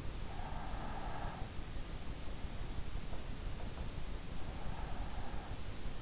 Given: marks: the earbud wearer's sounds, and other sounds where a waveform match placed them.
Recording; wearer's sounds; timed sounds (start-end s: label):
sounds in sleep by an in-ear microphone; breath
0.02-2.14 s: breath
4.21-5.95 s: breath